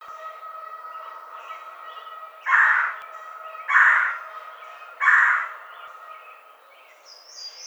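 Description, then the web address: Red-bellied woodpecker giving three harsh churr notes about 1.3 seconds apart, over a steady tonal background hum. Recorded 30 May 2009. "Red-bellied Woodpecker 2009 05 30"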